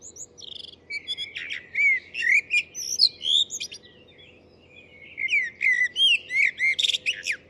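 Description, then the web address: Bird giving rapid runs of bright chirps and slurred whistles, high and varied, nearly continuous with one brief lull midway. "Deverinetal. Bird Only"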